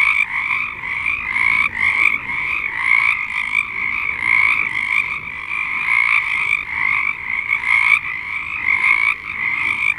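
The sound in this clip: Chorus of frogs, dense overlapping trills that pulse slightly, with occasional higher squeaky notes riding above the main din.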